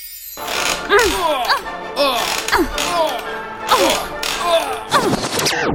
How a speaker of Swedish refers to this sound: Du har just hört ljud från en knarrande gungstol, ljudupptagningar från en tennismatch, till tonerna av en stämningsfull klassiker.